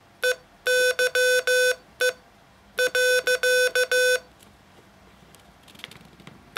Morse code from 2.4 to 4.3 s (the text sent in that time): .